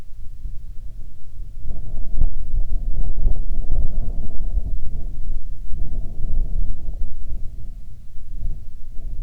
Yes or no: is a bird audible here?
no